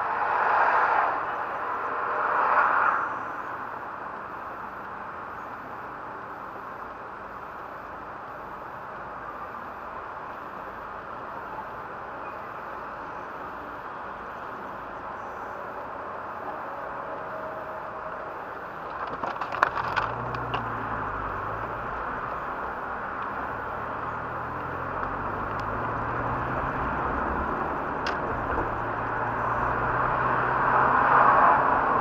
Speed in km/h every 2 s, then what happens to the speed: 5, 3, 3, 3, 3, 3, 4, 4, 1, 1, 7, 11, 16, 18, 28, 39.
0-16 steady at about 3. 16-18 standing. 18-32 pulls away to 39.